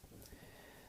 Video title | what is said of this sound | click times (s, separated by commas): FansProject Function - X3 Smart Robin | and take the backpack and flip it up and it will snap into place | 0.3 s